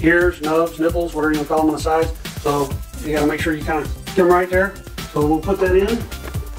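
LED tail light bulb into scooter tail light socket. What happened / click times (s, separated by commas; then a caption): The bulb is being handled but has not yet seated / none. An 1157 LED replacement bulb with offset pins is lined up to be pushed into a Vespa scooter's tail light socket, which accepts it only one way. Someone talks over background music throughout. Nothing has seated or clicked yet.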